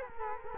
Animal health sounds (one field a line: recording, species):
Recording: mosquito wingbeat signal from an infrared sensor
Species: Culex quinquefasciatus